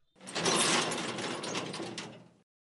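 Two heavy iron doors of holding cells in a quiet corridor grind open in one long, loud scraping rumble, a broad metallic rattle and clank that swells quickly and holds for about two seconds before cutting off.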